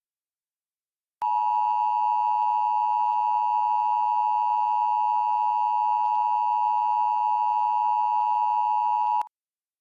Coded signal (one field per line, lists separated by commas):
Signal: Emergency Alert System (SAME) tones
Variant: 853 and 960 Hz attention tone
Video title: The Asheville Inferno - EAS Scenario #2